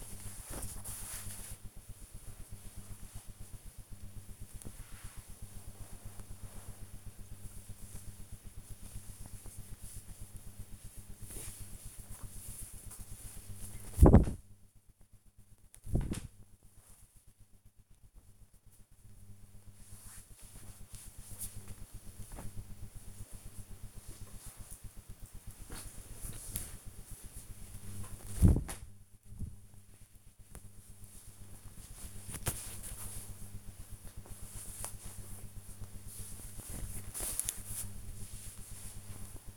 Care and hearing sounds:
household activities, microphone on the right wrist
0.00-1.21 s: folding laundry
13.30-23.40 s: folding laundry
27.42-39.57 s: folding laundry

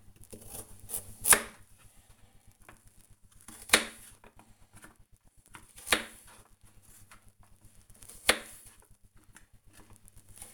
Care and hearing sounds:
household activities, microphone on the right wrist
0.00-10.54 s: cutting vegetables

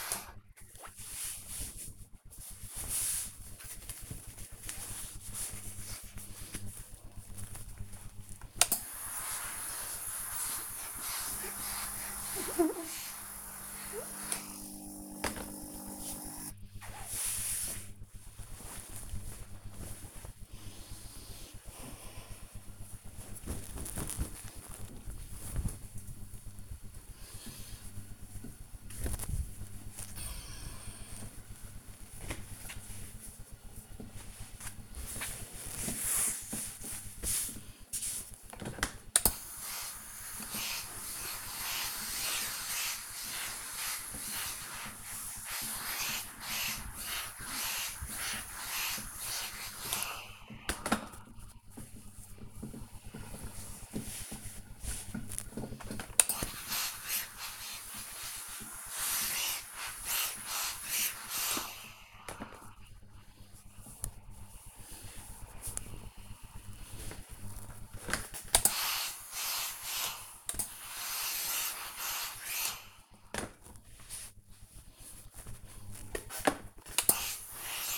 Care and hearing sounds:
household activities, microphone on the right wrist
0.00-20.66 s: ironing laundry
33.73-77.98 s: ironing laundry

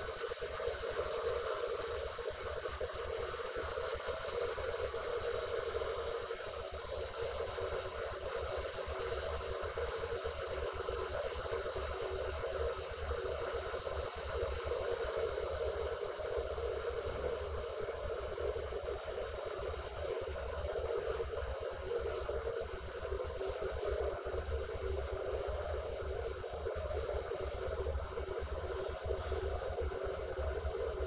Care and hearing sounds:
household activities, microphone on the right wrist
0.00-31.06 s: making tea

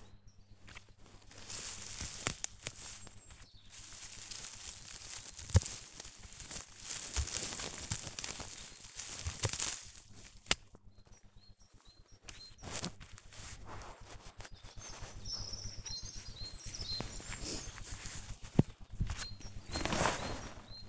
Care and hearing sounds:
household activities, microphone on the right wrist
0.55-20.88 s: cutting plants (near water)

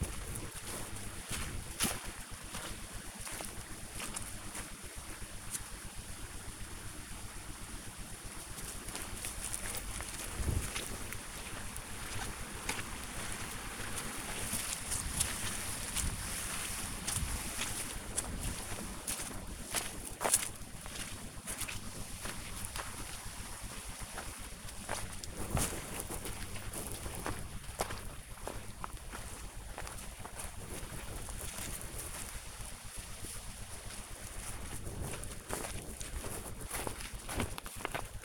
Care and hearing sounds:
household activities, microphone on the right wrist
0.00-38.25 s: going for a walk with dog

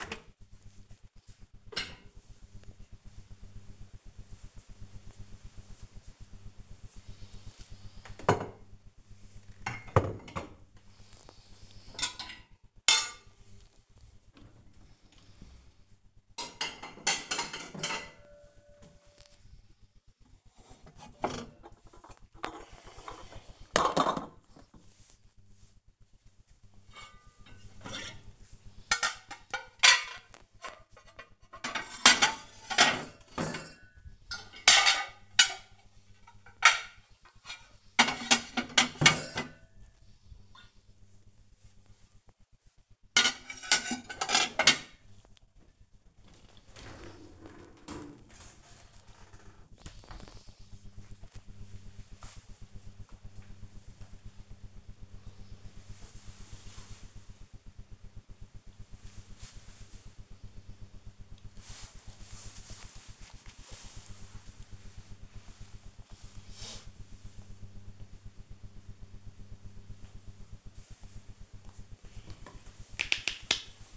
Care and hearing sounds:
household activities, microphone on the right wrist
0.00-49.38 s: cleaning out the dishwasher
71.48-73.97 s: cream hands

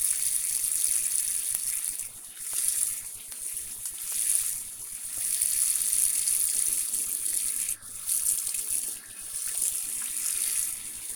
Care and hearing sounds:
household activities, microphone on the right wrist
0.00-11.16 s: washing hands

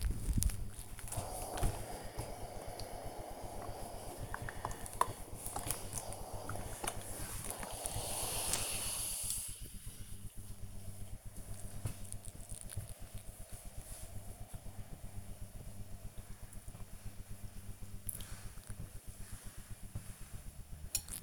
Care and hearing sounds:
household activities, microphone on the right wrist
0.00-21.23 s: ironing laundry

